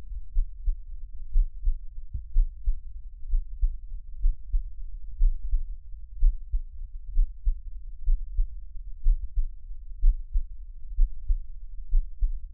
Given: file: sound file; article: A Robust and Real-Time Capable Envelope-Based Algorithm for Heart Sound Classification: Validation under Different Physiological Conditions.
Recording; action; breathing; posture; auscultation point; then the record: heart sounds by electronic stethoscope; rest; normal; sitting; Erb’s point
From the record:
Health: healthy, no known heart disease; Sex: male